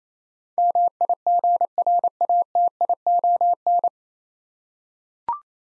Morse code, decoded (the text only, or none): MIGRATION